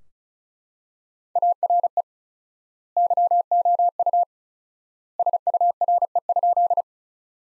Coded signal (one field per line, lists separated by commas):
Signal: Morse code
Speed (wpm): 36 wpm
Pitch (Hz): 700 Hz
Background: none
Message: ARE YOU SURE?